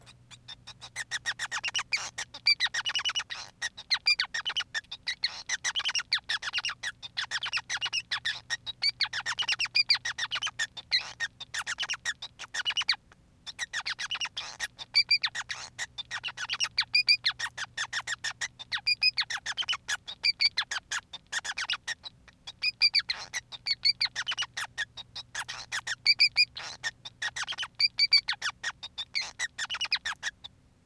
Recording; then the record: song of a male Bengalese finch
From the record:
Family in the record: son of father 5